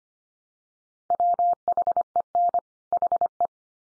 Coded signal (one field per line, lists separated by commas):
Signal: Morse code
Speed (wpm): 25 wpm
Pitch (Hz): 700 Hz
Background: none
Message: WHEN HE